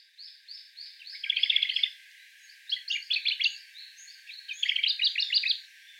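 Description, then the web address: Sakhalin leaf warbler song: three bursts of high, rapid, buzzy notes, with softer thin notes before and between them. Recorded 14 May 2014 on Tobishima. "koe karafutomuji 140514 tobishima mima"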